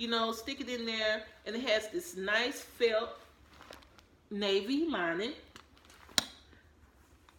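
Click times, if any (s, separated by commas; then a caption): 6.2 s. Someone talks while handling a leather phone pouch on a handbag, then closes the magnetic snap closure on its front flap. One sharp, loud snap at 6.2 seconds shows the flap snapping shut into place.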